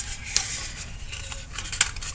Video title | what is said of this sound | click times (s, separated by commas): MPC's Space 1999 Comlock and Stun Gun Kit | and just to show how easy these parts go together you can see it just snaps right in and this slides into place | 0.4 s